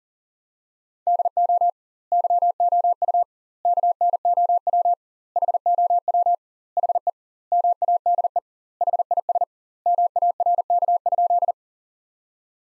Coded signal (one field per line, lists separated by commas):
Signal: Morse code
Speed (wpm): 40 wpm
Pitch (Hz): 700 Hz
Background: none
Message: DO YOU KNOW HOW HE MADE HIS MARK?